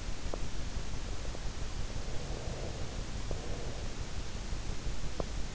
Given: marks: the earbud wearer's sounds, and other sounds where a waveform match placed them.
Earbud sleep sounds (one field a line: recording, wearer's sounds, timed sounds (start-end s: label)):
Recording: sounds in sleep by an in-ear microphone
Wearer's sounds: teeth grinding, breath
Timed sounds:
0.20-0.42 s: teeth grinding
1.87-4.10 s: breath
5.12-5.30 s: teeth grinding